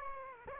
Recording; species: mosquito wingbeat signal from an infrared sensor; Aedes aegypti